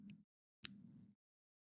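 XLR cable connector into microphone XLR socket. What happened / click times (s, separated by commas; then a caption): The connector latched into its socket / 0.6 s. An XLR cable's keyed connector is plugged into a microphone's XLR socket close to the mic. A faint tick at 0.1 s comes before a sharp, bright click at 0.7 s as the latch engages, each followed by a low rumble of handling. The connector seats firmly.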